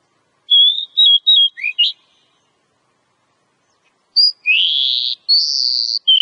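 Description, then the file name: Oriental magpie-robin whistling a quick phrase of even notes with an upslur, then harsher drawn-out buzzy whistles. Female; Indonesian name kacer. "Suara kacer betina"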